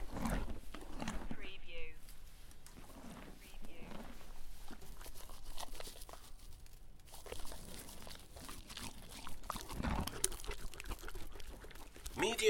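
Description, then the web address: Horse chewing: steady crunching and grinding bites, irregular crisp cracks and wet munching throughout, with a louder crunch near the end. Horse munching a carrot. "lynne-publishing Horse eating munching carrot"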